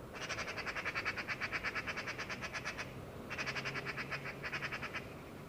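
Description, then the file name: Eurasian magpie harsh chatter, rattling bursts of dry, rapidly repeated notes, three runs with brief gaps, against a faint low hum. "Pica pica"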